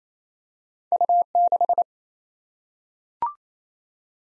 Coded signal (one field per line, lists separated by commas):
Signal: Morse code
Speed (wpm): 28 wpm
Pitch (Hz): 700 Hz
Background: none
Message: U6